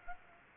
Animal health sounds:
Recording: mosquito wingbeat signal from an infrared sensor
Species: Aedes aegypti

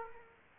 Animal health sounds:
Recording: mosquito wingbeat signal from an infrared sensor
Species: Culex quinquefasciatus

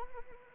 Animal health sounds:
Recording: mosquito wingbeat signal from an infrared sensor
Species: Anopheles arabiensis

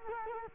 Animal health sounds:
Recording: mosquito wingbeat signal from an infrared sensor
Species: Culex quinquefasciatus

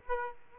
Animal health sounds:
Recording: mosquito wingbeat signal from an infrared sensor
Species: Aedes aegypti

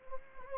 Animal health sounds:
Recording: mosquito wingbeat signal from an infrared sensor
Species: Anopheles gambiae

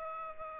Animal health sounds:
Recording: mosquito wingbeat signal from an infrared sensor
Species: Aedes aegypti

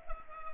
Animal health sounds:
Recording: mosquito wingbeat signal from an infrared sensor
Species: Culex pipiens

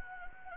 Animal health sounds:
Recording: mosquito wingbeat signal from an infrared sensor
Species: Anopheles gambiae

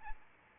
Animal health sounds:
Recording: mosquito wingbeat signal from an infrared sensor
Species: Aedes albopictus

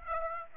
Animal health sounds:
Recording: mosquito wingbeat signal from an infrared sensor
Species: Aedes aegypti

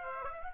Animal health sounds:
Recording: mosquito wingbeat signal from an infrared sensor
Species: Aedes aegypti

